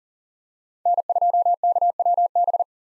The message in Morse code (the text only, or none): N2KWB